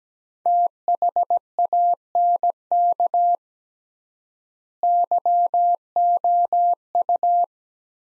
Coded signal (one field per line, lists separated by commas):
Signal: Morse code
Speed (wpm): 17 wpm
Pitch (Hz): 700 Hz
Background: none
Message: THANK YOU